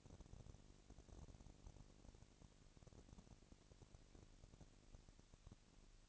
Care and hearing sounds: daily activity, microphone in the room; no activity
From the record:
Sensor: 4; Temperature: 22.5 degrees Celsius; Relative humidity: 33.4%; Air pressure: 999.7 hPa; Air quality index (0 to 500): 230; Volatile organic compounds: 20 ppm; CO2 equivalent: 2703 ppm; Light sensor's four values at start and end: 2/3/1/1 and 2/3/1/1

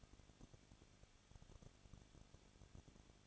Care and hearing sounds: daily activity, microphone in the room; no activity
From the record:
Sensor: 4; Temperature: 23.1 degrees Celsius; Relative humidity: 34.1%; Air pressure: 1007.2 hPa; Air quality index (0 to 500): 217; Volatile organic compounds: 15 ppm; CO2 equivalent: 2510 ppm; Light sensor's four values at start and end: 2/3/1/1 and 2/3/1/1

